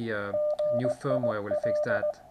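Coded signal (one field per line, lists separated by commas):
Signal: Morse code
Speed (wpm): 19 wpm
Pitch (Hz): 600 Hz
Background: speech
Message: GIL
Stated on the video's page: Morse from a QRP Labs QCX kit transceiver on 80m, outputting a few watts.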